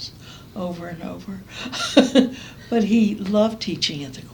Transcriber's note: laughs